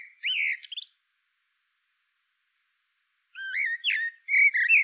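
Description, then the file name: Common blackbird song with a short, low, fluty warble and a squeaky ending, then after a long silence a second phrase of mellow notes and high twittering. "Turdus merula"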